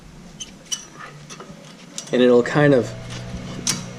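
A new front brake pad is set into the caliper bracket with its curve matched to the rotor and pushed in, giving a sharp snap at 2.0 seconds as it seats in place. Someone talks right after, with light metallic ticks and taps around it.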